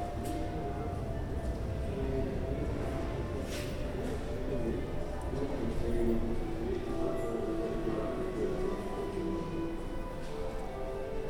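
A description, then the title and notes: Accordion notes hold and shift above a steady murmur of commuters' voices under a vaulted ceiling. The crowd chatter stays dense and even throughout, with a few brief clicks and knocks near the start, and a low rumble underneath. U-Bhf Heidelberger Platz. Vaulted ceilings filled with impressive accordion playing and the light murmuring of waiting commuters on their way to work or school.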